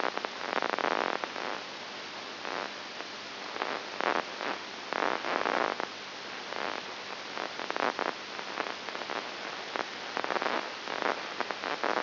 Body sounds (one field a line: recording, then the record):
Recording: brain microelectrode recording played as sound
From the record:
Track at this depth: inside the subthalamic nucleus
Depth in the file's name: 6.901 mm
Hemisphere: left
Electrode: 2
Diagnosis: Parkinson's disease